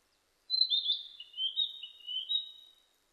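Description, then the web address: Narcissus flycatcher song phrase: one short string of slurred, wavering whistles dropping slightly in pitch, then silence. Recorded 25 April 2006. "2006 060425 kibitaki"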